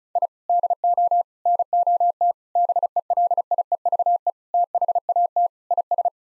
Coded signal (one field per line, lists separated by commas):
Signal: Morse code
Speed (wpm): 34 wpm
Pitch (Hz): 700 Hz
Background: none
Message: I DO NOT BELIEVE THAT IS